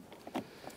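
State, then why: Not seated. The back end of a cable is lined up against its anchor bracket during a shift interlock latch replacement on a 2005-2010 Chrysler 300. Two brief handling knocks are heard at about 0.4 s and 0.7 s over a quiet background. Nothing has snapped into place yet.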